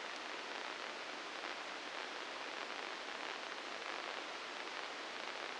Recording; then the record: brain microelectrode recording played as sound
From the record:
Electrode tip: inside the subthalamic nucleus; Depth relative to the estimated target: 0 mm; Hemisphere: right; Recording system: NeuroSet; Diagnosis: Parkinson's disease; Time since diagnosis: 9 years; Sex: female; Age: 51 years